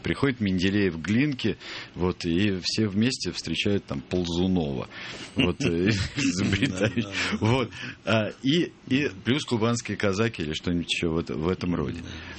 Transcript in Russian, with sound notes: Приходит Менделеев к Глинке и все вместе встречают Ползунова. (все смеются) И плюс кубанские казаки или что-нибудь еще в этом роде.